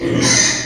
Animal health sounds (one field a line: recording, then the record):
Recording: squeal of a Yucatan mini pig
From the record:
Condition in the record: before surgery on the right vocal fold (resection and tissue-engineered implant)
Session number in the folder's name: 2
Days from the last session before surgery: 0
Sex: male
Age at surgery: 12 weeks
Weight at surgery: 13 kg